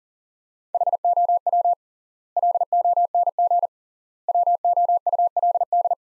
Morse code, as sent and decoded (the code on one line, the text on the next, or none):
.... --- .-- / .-.. --- -. --. / .-- --- ..- .-.. -..
HOW LONG WOULD